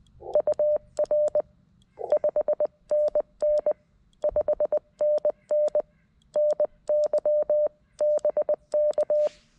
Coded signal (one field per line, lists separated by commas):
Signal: Morse code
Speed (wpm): 20 wpm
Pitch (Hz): 590 Hz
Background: none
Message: UR 5NN 5NN NY BK